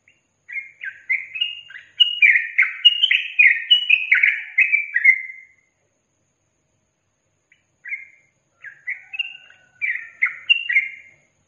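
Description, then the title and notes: Yellow-vented bulbul song: a dense run of rapid, chirpy slurred notes lasting about five seconds, then silence and a shorter, scattered phrase of similar notes. Tutor song for training captive birds, with tembakan and ropel song styles. "MASTERAN Trucukan Tembakan Dan Ropel. BURUNG TRUCUKAN"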